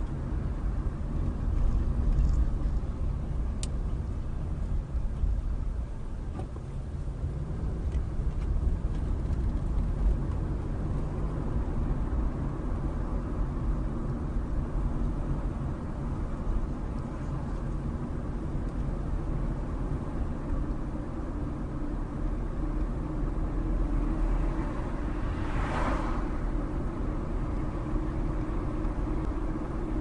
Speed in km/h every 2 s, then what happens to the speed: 23, 18, 15, 15, 19, 27, 29, 27, 27, 29, 31, 34, 34, 35, 37.
0-6 slows to 15. 6-11 speeds up to 29. 11-17 steady at about 27. 17-30 speeds up to 37.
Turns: 2-10.